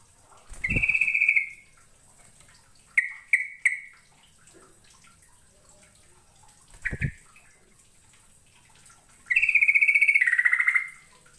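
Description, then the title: Bird giving several fast buzzy trilled phrases and short notes, with dull low thumps. "Kicau Burung"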